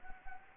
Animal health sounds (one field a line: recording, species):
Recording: mosquito wingbeat signal from an infrared sensor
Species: Anopheles arabiensis